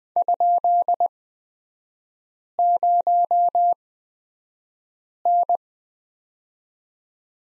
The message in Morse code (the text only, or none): ?0N